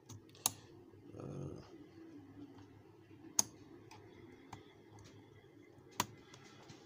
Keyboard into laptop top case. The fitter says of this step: you can hear the clicking sound at as you install it back